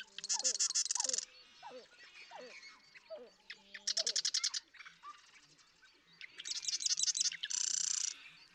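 Marsh Wren song: repeated fast, grating rattles roughly every few seconds, while a lower bird gives short slurred calls in the background.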